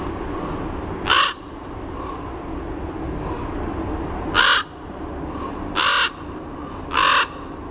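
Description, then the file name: Common raven giving four short harsh calls, one alone and then three closer together. "CORA call"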